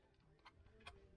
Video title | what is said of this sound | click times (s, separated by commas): The Ultimate Dual Sport Motorcycle Upgrade: iPad Mini & Quad lock | here it snap into place | 0.5 s, 0.9 s